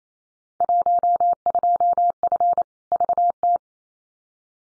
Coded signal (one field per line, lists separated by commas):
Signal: Morse code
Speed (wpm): 28 wpm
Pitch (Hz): 700 Hz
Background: none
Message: 12F VT